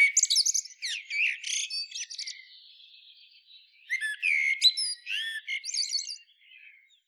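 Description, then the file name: Eurasian blackbird giving twittering song phrases, fast high chirps and whistles, with a quieter stretch in the middle and a final trill. "Turdus merula"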